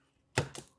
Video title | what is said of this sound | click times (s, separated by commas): X-MAXX - Upper Bulkhead Replacement & UPGRADES | right down on just like that snaps right in | 0.4 s